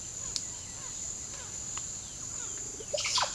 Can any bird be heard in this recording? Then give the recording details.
yes. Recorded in pastures near Puerto Asís, Putumayo, Colombia, on 29 June 2025 at 14:00. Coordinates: 0.497, -76.327. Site G040